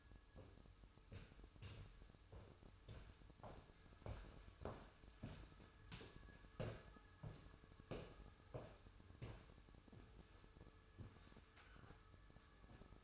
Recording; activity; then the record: daily activity, microphone in the room; walk to room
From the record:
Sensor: 2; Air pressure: 988.1 hPa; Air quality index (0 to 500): 181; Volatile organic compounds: 130 ppm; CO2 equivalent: 3927 ppm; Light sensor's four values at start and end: 21/71/28/26 and 21/70/27/26